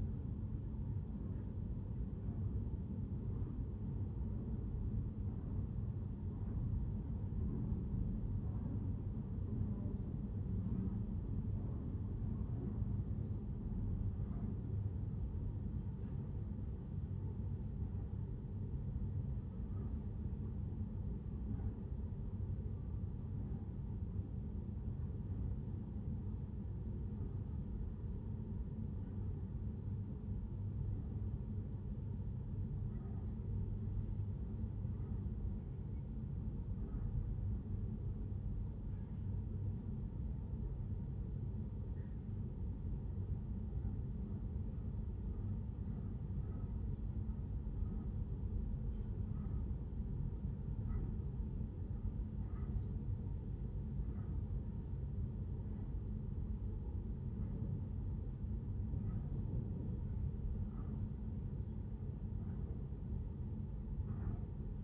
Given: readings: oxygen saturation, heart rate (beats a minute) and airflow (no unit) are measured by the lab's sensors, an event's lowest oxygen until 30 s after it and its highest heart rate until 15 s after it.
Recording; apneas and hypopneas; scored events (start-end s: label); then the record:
a person awake in a sleep study, by a smartphone at the bedside; none
0.00-64.83 s: awake
From the record:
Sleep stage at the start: awake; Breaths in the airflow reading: 25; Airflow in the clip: -0.7 to 0.6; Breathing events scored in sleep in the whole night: 131 in 7.2 hours asleep